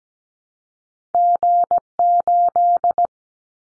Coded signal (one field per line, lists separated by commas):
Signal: Morse code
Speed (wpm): 17 wpm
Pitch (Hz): 700 Hz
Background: none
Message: G8